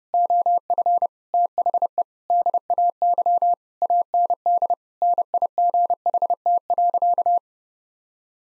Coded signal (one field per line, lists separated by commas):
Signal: Morse code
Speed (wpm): 32 wpm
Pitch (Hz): 700 Hz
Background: none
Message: OF THE DAY AND NIGHT.